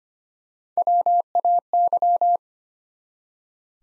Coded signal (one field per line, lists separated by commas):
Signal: Morse code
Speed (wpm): 25 wpm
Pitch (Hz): 700 Hz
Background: none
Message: WAY